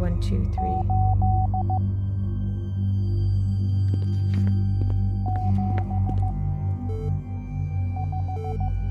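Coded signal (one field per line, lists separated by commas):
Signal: Morse code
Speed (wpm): 15 wpm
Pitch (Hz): 750 Hz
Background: speech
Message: 8 7 5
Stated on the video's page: Morse code in a puzzle-solving escape game.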